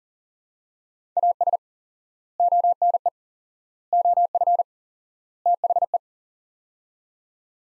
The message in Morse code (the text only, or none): AS ONE OF THE